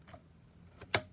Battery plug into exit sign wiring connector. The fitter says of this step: connect right there when you hear the snap it means it's connected and just just clean your wires up make sure that they're out of the way